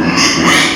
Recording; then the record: squeal of a Yucatan mini pig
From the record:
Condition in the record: before surgery on the right vocal fold (resection and tissue-engineered implant); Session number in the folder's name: 2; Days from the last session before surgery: 0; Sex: male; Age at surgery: 12 weeks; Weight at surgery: 13 kg